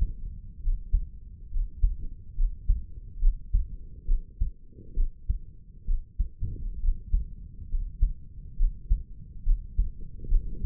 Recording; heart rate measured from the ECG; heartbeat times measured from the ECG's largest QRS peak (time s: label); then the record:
heart sounds by stethoscope; 68 bpm
0.62 s: heartbeat
1.51 s: heartbeat
2.35 s: heartbeat
3.19 s: heartbeat
4.05 s: heartbeat
4.94 s: heartbeat
5.85 s: heartbeat
6.80 s: heartbeat
7.69 s: heartbeat
8.56 s: heartbeat
9.43 s: heartbeat
10.28 s: heartbeat
From the record:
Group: healthy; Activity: Valsalva maneuver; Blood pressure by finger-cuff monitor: 102/65 mmHg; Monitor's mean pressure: 76 mmHg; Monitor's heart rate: 68 bpm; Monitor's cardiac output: 5.3 L/min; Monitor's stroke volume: 82 mL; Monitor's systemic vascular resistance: 1020 dyn s/cm5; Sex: female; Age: 22 years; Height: 160 cm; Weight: 45 kg